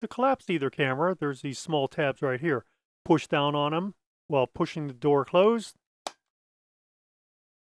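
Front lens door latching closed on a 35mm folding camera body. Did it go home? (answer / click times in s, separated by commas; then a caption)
yes / 6.1 s. Someone talks while the small strut tabs on an Agfa Solinette 35mm metal folding camera are pushed down and its heavily sprung front lens door is pushed closed. The door latches shut with a loud click at 6.1 s, locking into place.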